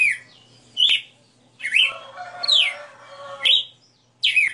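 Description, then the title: Red-cowled cardinal giving loud, falling whistled notes in separate bursts. A lower harmonic buzzing tone runs through the middle, with a soft steady hum beneath. Female bird singing live; the song is described as a 60-note song. "Canto Galo Campina Fêmea 02. Galo de Campina 60 NOTAS Cantando Ao vivo"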